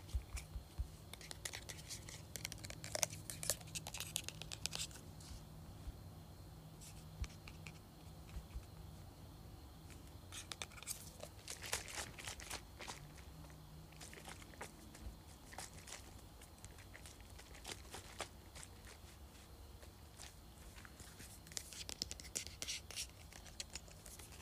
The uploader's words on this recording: ASMR Tapping, Scratching, and Shaking Perfume Bottle.